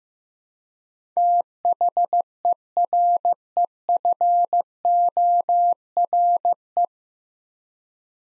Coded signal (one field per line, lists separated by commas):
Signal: Morse code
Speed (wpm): 15 wpm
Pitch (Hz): 700 Hz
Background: none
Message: THEREFORE